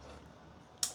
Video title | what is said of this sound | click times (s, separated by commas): 6R VW Polo 1.2 TDi Oil Filter Cooler Replacement WITHOUT Front End Removal! Game-Changing DIY Repair | There we go, you can hear it click. | 0.8 s